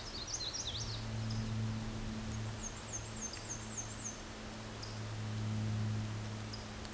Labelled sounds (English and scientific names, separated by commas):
Black-and-white Warbler (Mniotilta varia) song